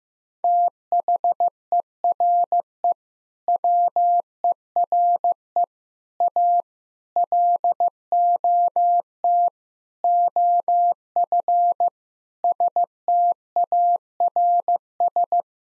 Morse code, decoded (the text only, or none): THERE WERE A LOT OF STARS